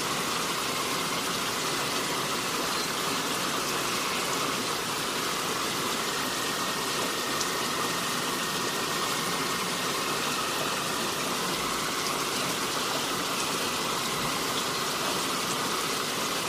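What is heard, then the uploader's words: Rain falls in a steady, dense hiss that never lets up, with a faint thin whine running underneath throughout. Relaxing Rain Sounds & Forest Ambience.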